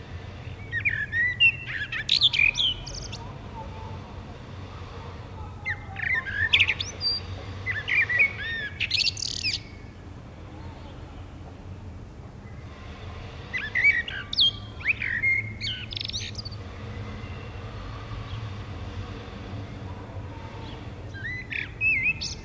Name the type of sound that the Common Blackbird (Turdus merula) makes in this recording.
song